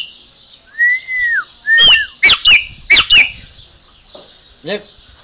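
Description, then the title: Chopi Blackbird song: a clear whistled note rising then falling, then loud, sharp, steeply swept notes in quick pairs over a steady high hiss. "Passaro Preto"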